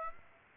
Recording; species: mosquito wingbeat signal from an infrared sensor; Aedes aegypti